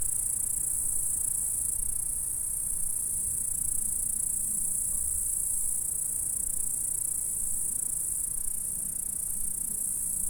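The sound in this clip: Insects stridulating in a long, unwavering high-pitched buzz, with faint low rumble underneath for the full length.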